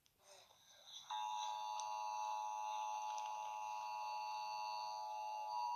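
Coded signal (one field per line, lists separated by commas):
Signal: Emergency Alert System (SAME) tones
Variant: 853 and 960 Hz attention tone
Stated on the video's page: Creepypasta fictional EAS scenario using valid EAS tones.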